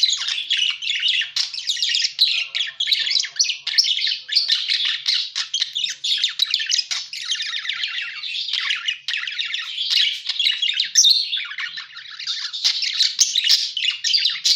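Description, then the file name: A parakeet keeping up a busy chatter of harsh chirps and squawks, almost without pause. Lure sound used for catching birds. "pancingan suara burung parkit"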